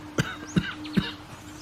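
Three brief, evenly spaced adult coughs in quick succession, a short cough that comes on suddenly for a moment, with faint birdsong in the background.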